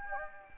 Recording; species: mosquito wingbeat signal from an infrared sensor; Anopheles gambiae